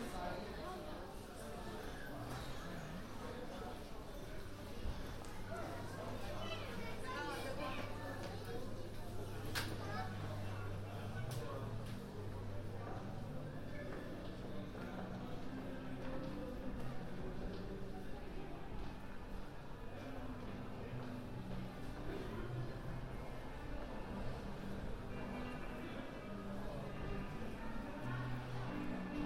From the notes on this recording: a walk around London, new years eve